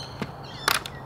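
A plastic loading key on a foam-dart drum magazine is rotated to the right, giving three short detent clicks at 0.2, 0.7 and 0.9 seconds over a low steady hiss, with the middle click the loudest. Each position engages in turn, and the key is seated.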